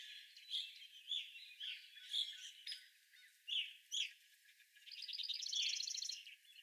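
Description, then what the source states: Evening grosbeak calls, soft clear chirps followed by a fast rattling trill. Several evening grosbeaks recorded on 25 April 2021.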